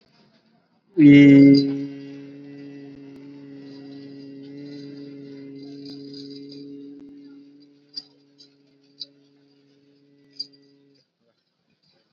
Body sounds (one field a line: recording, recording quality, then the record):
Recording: sustained vowel as in beet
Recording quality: excellent, no background noise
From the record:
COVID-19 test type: RT-PCR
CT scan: not taken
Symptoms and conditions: none ticked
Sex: male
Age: 18 years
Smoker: no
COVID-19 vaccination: both doses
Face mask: worn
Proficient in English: yes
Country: India